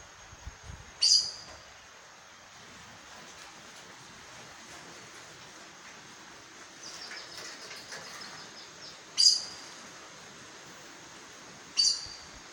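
Aracari calls: three isolated sharp, high squeaky notes spread widely apart over a faint hissing background.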